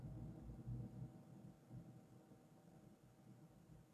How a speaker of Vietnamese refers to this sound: Sao trời này mưa lại có sấm, ngoài trời hôm nay nó đang mưa và nó có, tự nhiên nó có sấm không, mùa này làm sao lại có sấm nhỉ?